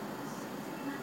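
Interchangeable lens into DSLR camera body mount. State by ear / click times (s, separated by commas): not seated / none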